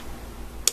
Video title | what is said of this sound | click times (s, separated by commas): Nike Adrenaline Sunglasses | secondly they have the snap into place um | 0.7 s